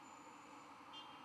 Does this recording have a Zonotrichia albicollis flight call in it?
no